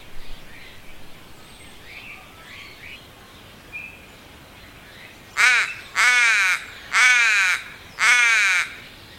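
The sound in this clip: Crow cawing: after about five seconds of near quiet, four loud harsh caws come at a steady pace of roughly one per second.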